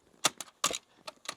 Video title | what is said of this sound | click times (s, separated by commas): Georgia Public Land Bowhunt - Hannahatchee WMA Truck Camping & eBike Deer Hunt Adventure | Snap it in place. | 0.6 s